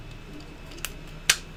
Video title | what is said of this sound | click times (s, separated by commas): Prusa Mini Surgery...Minor Repair to hot end. | that locks into place | 1.3 s